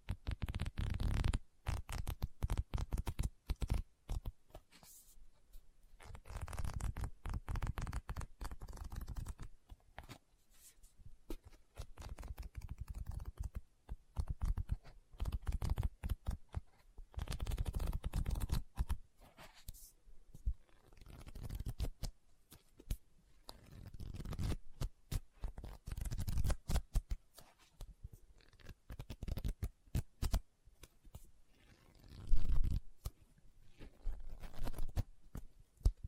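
Fingers tap and scratch on a book in dense bursts, with rustling page turns and brief pauses every few seconds throughout.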